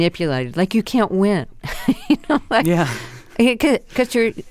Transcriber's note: laughter